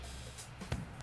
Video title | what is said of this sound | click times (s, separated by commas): 🤯 $270 Air Venturi Alpha! Unexpected Sub-$300 PCP Carbine Review | up a little forward of it in the four stock and that just locks right into place. | 0.7 s